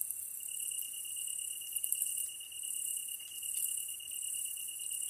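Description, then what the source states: Tree cricket trill, an even ringing tone running the whole time while other insects hiss and rasp at much higher pitch. Kantan recorded together with ezotsuyumushi on 15 August 2010 at 22:39, with a DH-D50.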